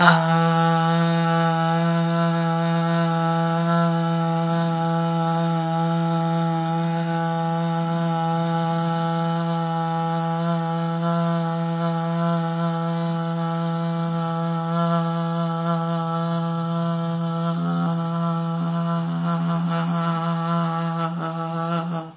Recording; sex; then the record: sustained vowel /a/; female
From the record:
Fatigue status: no fatigue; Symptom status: symptomatic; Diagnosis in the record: COVID-19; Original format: 3gp